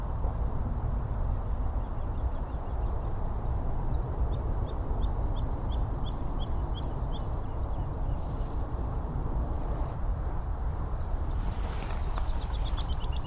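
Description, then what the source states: Woodlark song, a short fluty repeated phrase of even notes and a fainter one at the end, against heavy low traffic rumble, with a few clicks and a brief rushing noise. Woodlark singing from the top of a tree on Chobham Common, Surrey, a heathland surrounded by the M3, the M25 and a busy railway line; spring, recorded before Coronavirus lockdowns.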